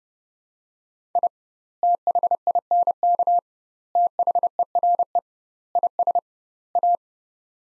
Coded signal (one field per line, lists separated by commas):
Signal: Morse code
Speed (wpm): 30 wpm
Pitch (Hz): 700 Hz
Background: none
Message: I THINK THERE IS A